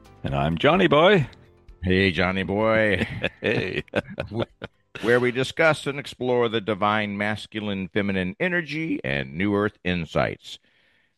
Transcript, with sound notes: And I'm Johnny boy.
Hey, Johnny boy.
(laughs) Hey.
W- where we discuss and explore the divine masculine feminine energy and new Earth insights.